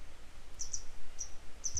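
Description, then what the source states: Grey wagtail giving short, very high chips, mostly in quick pairs, with faint low rumble beneath. A pair of adults calling while still searching for their young.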